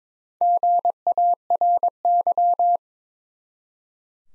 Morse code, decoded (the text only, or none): GARY